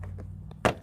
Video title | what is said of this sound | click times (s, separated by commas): How to install hybrid battery charger 2009-2012 Ford Escape. Exclusive time saving tip! | like that until it snaps up. | 0.6 s